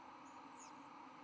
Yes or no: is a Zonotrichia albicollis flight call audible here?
no